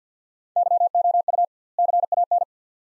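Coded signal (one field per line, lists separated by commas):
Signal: Morse code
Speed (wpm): 49 wpm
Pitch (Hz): 700 Hz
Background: none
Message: YOU CAN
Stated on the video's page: Two-word Morse phrases at 50wpm with 2x word spacing, a Farnsworth-like practice drill for head-copy; each set is sent, then spoken.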